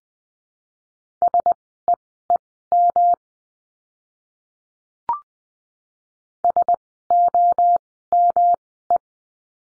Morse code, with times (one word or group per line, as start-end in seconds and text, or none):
1.2-3.1 SEEM
6.4-9.0 SOME